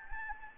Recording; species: mosquito wingbeat signal from an infrared sensor; Anopheles gambiae